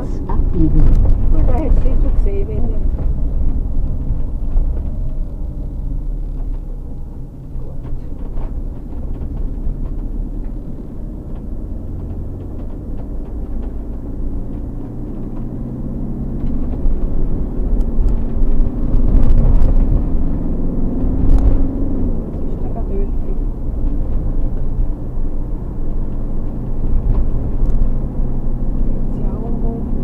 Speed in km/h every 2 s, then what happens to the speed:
33, 27, 18, 0, 6, 22, 27, 33, 38, 42, 48, 48, 48, 50, 53.
0-6 brakes to 0. 7-30 pulls away to 53.